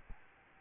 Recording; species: mosquito wingbeat signal from an infrared sensor; Aedes albopictus